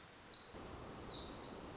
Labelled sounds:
Pacific Wren (Troglodytes pacificus)
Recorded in Sonoma County, California

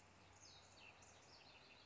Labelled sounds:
Cassin's Vireo (Vireo cassinii)
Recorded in Sonoma County, California

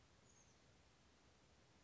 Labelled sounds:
Oak Titmouse (Baeolophus inornatus)
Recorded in Sonoma County, California

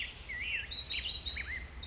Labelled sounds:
Black-headed Grosbeak (Pheucticus melanocephalus)
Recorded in Sonoma County, California

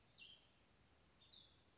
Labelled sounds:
Cassin's Vireo (Vireo cassinii)
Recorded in Sonoma County, California

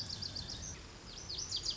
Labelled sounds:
Lazuli Bunting (Passerina amoena)
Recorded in Sonoma County, California

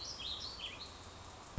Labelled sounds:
Warbling Vireo (Vireo gilvus)
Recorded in Sonoma County, California

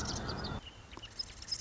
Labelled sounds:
Marsh Wren (Cistothorus palustris)
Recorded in Sonoma County, California

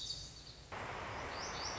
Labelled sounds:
Lazuli Bunting (Passerina amoena)
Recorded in Sonoma County, California

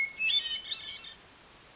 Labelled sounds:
Hermit Thrush (Catharus guttatus)
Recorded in Sonoma County, California

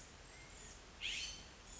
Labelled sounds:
California Scrub-Jay (Aphelocoma californica)
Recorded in Sonoma County, California

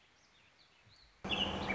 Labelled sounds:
Warbling Vireo (Vireo gilvus)
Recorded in Sonoma County, California

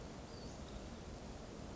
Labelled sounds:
Western Flycatcher (Empidonax difficilis)
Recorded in Sonoma County, California

